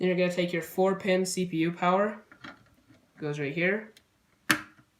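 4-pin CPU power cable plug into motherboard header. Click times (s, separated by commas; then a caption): 4.5 s. A 4-pin CPU power cable plug is pushed into its motherboard header while someone talks. One sharp, loud click sounds at 4.5 s as the connector seats.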